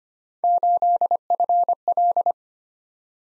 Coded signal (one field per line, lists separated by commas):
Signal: Morse code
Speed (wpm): 25 wpm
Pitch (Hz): 700 Hz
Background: none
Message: 8FL